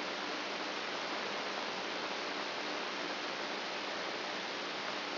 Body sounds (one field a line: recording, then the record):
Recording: brain microelectrode recording played as sound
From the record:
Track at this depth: outside the subthalamic nucleus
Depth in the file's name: 9.029 mm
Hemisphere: left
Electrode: 3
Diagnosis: Parkinson's disease